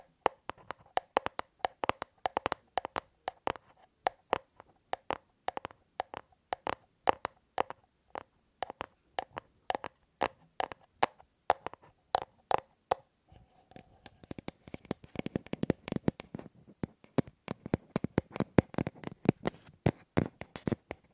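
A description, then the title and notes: Rapid tapping on objects, sharp dry clicks in quick irregular bursts with brief pauses between runs. Around fifteen seconds the surface changes: the taps turn brighter and denser, with a faint hiss filling the gaps until the end. ASMR Fast & Slow Tapping on 6 Objects No Talking.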